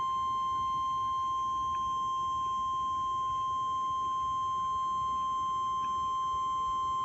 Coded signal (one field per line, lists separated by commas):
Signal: Emergency Alert System (SAME) tones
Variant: 1050 Hz attention tone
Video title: Are you ok WWG57 EAS #198